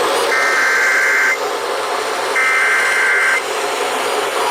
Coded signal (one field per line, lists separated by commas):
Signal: Emergency Alert System (SAME) tones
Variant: header bursts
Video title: COLUMBIA'S TAKEOVER... EAS Alerts from 6/16/22 (EAS #7,331 - 7,479)